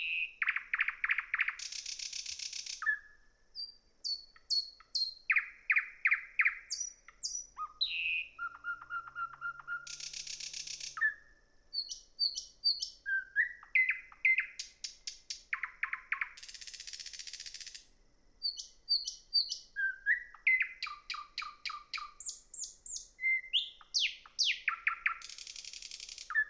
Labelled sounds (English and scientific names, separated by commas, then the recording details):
Thrush Nightingale (Luscinia luscinia) song
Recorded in the wild
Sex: male
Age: adult
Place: Peenemuende, Usedom, Mecklenburg-Vorpommern, DE
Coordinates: 54.1673, 13.7646
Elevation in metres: 0
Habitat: grassland
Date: 2014-05-26 00:27
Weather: 10°C, almost windless
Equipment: Sound Devices 702, Sennheiser MKH 70, Rycote Windschutz
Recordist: Frommolt, Karl-Heinz